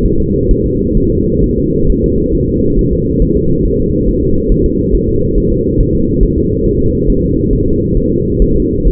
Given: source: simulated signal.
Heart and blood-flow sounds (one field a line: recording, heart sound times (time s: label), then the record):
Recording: fetal heart sounds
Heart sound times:
0.05 s: S1
0.20 s: S2
0.51 s: S1
0.66 s: S2
0.97 s: S1
1.12 s: S2
1.44 s: S1
1.58 s: S2
1.90 s: S1
2.04 s: S2
2.35 s: S1
2.49 s: S2
2.79 s: S1
2.93 s: S2
3.22 s: S1
3.37 s: S2
3.65 s: S1
3.80 s: S2
4.08 s: S1
4.23 s: S2
4.51 s: S1
4.66 s: S2
4.95 s: S1
5.09 s: S2
5.38 s: S1
5.52 s: S2
5.80 s: S1
5.95 s: S2
6.23 s: S1
6.38 s: S2
6.66 s: S1
6.81 s: S2
7.09 s: S1
7.24 s: S2
7.53 s: S1
7.67 s: S2
7.97 s: S1
8.12 s: S2
8.42 s: S1
8.56 s: S2
8.87 s: S1
From the record:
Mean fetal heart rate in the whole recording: 135 bpm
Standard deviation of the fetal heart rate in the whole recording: 3 bpm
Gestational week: 36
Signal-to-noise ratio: -15.3 dB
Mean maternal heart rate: 72 bpm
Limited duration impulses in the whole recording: present